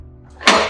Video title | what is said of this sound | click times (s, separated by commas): Innov 8 IQ Care Bed | To dis disengage the side rails, simply use the grab lever, pull it up, click, | 0.5 s